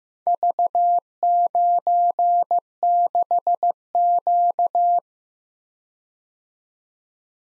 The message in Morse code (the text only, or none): V96Q